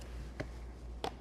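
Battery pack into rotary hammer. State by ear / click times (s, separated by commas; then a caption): not seated / none. A cordless tool battery pack is handled as it is brought to a rotary hammer, making a faint tick at the start and sharper ticks at about 0.4, 1.0 and 1.2 seconds over a low steady hum. The pack has not latched into the tool, and nothing has seated or clicked home yet.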